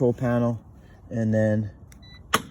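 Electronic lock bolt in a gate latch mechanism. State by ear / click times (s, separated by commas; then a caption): released / 2.3 s. Someone talks as a code is entered on the control panel of a MightyMule Bulldog electronic gate lock, followed by a brief faint tone. At 2.3 s the electronic lock bolt in the gate latch mechanism releases with a sharp, audible click, and the lock opens.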